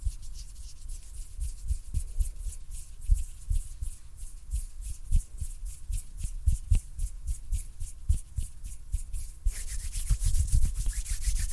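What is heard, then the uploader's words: Hands rub and brush against each other in quick, irregular strokes, giving a dense, papery hiss with soft low thumps scattered throughout. Around ten seconds the rubbing grows brighter and louder, continuing steadily to the end. A faint steady hum sits underneath. ASMR HAND SOUNDS NO TALKING.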